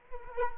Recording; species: mosquito wingbeat signal from an infrared sensor; Culex quinquefasciatus